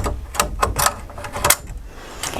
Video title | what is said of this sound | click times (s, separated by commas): Mainly Manly Embroidery - Sewing Tech Talk with Cathy #STT | and it just snaps into place | 1.5 s